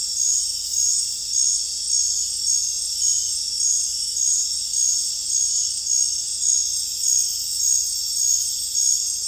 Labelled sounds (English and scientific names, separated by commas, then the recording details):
none
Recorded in secondary vegetation near Puerto Asís, Putumayo, Colombia, on 26 December 2024 at 22:00
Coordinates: 0.484, -76.319
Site GP06